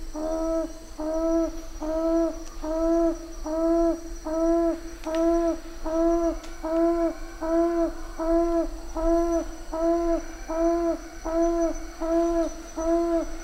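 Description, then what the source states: Papuan frogmouth hooting in a long, regular series of low booming notes against a constant thin insect buzz. Papua New Guinea.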